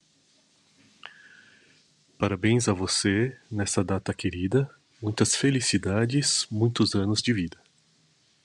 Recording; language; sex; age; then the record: short text; Brazilian Portuguese; male; 40 to 49 years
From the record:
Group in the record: control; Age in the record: 45 years